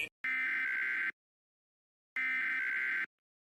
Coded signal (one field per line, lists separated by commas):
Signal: Emergency Alert System (SAME) tones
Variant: header bursts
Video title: EAS: Tornado Warning Interrupts Fallout 4